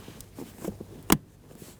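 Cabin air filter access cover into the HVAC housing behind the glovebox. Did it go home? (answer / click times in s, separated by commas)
yes / 1.1 s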